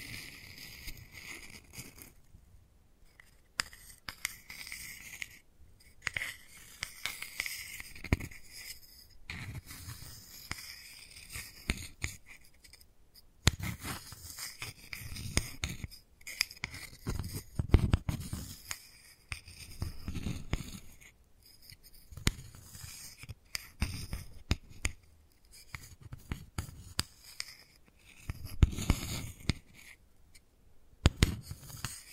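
Wooden balls are handled and knocked together in a steady run of dry clicks, clacks and rattling scrapes. The sounds come in dense, irregular bursts with short pauses between, mixing crisp bright taps with occasional duller low knocks throughout.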